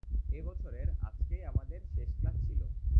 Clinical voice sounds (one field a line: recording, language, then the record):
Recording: elicited speech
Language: Bengali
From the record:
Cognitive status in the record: cognitively healthy